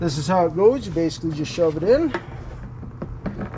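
Someone talks while the hinged plastic piece of a Camco dual propane tank cover is being shoved in by hand toward the cover's bar. A few faint, short taps follow near 3.0, 3.3 and 3.4 seconds. Nothing has seated or snapped into place yet.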